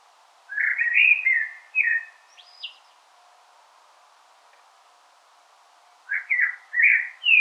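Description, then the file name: Common blackbird singing a fluted, warbling phrase with a thin high flourish, then a pause of about three seconds before another mellow phrase begins. "Turdus merula"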